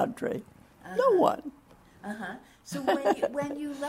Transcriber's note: laughter